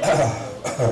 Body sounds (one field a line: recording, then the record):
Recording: coughing mixed with background sound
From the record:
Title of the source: Cough Around the Clock!